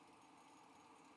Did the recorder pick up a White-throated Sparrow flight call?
no